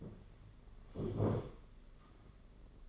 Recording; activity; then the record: daily activity, microphone in the room; sit down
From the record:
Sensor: 4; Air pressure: 992.5 hPa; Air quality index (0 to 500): 122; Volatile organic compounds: 32 ppm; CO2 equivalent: 2994 ppm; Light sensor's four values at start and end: 20/72/26/28 and 20/72/26/28